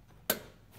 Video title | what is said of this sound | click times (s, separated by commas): Maintenance on airens and other things | I think you guys heard it click. | 0.3 s